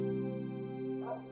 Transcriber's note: fx: dog